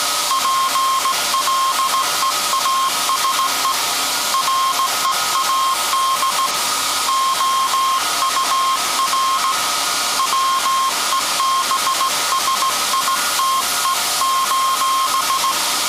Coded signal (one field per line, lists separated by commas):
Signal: Morse code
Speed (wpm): 17 wpm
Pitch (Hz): 1070 Hz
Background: none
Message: PLEASE READ OUR WEBSITE: